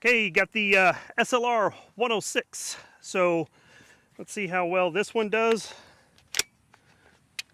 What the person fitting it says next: Snaps right in.